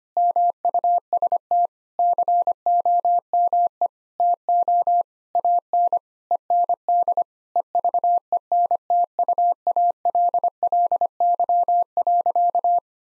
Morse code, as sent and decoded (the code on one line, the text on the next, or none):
-- ..- ... - / -.-. --- -- . / - --- / .- -. / . -. -.. / . ...- . -. - ..- .- .-.. .-.. -.-- .-.-.-
MUST COME TO AN END EVENTUALLY.